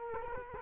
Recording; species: mosquito wingbeat signal from an infrared sensor; Culex quinquefasciatus